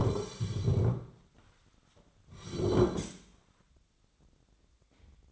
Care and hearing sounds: daily activity, microphone in the room; sit down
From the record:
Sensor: 3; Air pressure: 1009.2 hPa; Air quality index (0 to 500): 181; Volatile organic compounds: 3 ppm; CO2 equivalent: 1467 ppm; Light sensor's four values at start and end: 34/87/39/39 and 40/104/46/45

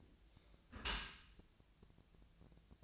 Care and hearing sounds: daily activity, microphone in the room; close dishwasher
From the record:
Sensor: 2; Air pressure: 1000.3 hPa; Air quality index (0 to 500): 163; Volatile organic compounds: 3 ppm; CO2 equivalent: 1353 ppm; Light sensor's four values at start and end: 11/31/12/14 and 11/31/12/14

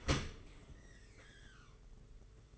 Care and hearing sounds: daily activity, microphone in the room; open dishwasher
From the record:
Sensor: 4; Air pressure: 992.2 hPa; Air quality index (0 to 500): 108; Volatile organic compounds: 17 ppm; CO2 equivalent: 2585 ppm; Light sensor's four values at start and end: 23/79/29/30 and 23/79/29/30

